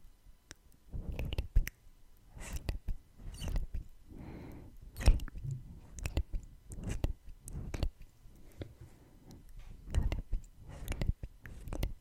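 Wet mouth sounds of tongue clicks and kissing smacks, arriving in irregular bursts about once or twice a second, some sharp and bright, others soft and squishy. Low rustling and breathing fill the gaps, with a louder airy breath near four seconds.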